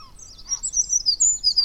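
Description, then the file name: Eurasian wren song fragment, a short burst of very high, rapid twittering notes. "Troglodytes troglodytes"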